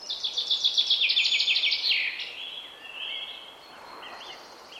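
Common chaffinch song: a fast, bright trilled series lasting about two seconds, followed by fainter, softer bird notes.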